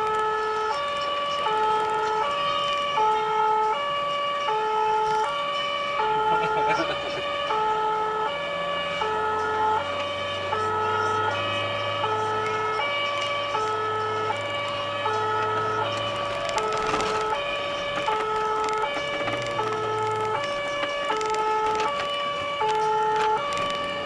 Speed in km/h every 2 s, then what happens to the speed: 52, 48, 44, 52, 61, 69, 72, 72, 70, 55, 39, 37.
0-4 slows to 44. 4-11 speeds up to 72. 15-22 brakes to 37.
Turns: 17-24.